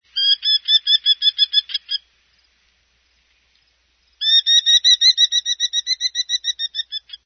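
Merlin giving a rapid, ringing chatter of sharp repeated notes in two series separated by a pause of about two seconds.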